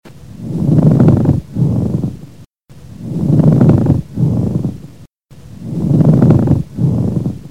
Pleural Rubs.